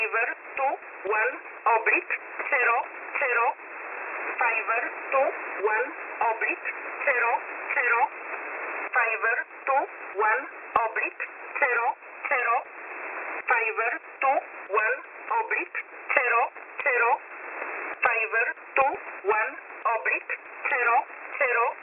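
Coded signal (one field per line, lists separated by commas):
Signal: numbers station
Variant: E11 Oblique, English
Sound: voice reading numbers in English, short evenly spaced words, over narrow radio audio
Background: radio static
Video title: E11 Oblique 13/10/2022 2000 UTC 5737kHz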